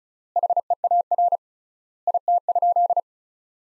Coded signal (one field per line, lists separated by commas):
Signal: Morse code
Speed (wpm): 36 wpm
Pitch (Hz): 700 Hz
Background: none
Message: HEAR IT?